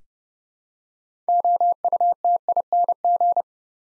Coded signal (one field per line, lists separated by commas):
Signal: Morse code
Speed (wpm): 30 wpm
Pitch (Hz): 700 Hz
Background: none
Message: OUTING